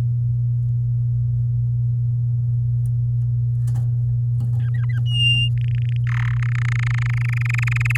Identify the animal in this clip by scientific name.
Serinus canaria